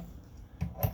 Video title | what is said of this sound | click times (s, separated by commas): Generator self install walk through | this snaps right in alright so | 0.8 s